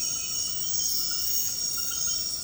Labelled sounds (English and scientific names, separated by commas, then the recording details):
none
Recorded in secondary vegetation near Puerto Asís, Putumayo, Colombia, on 20 February 2024 at 01:00
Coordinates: 0.468, -76.324
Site G6381